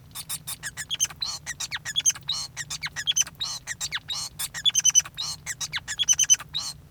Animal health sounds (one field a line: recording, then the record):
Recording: song of a male Bengalese finch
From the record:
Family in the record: son of father 5